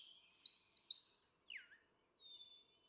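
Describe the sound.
Brown Thrasher giving a brief sequence: two pairs of sharp chirped notes, a falling slurred whistle, then a thin high whistle.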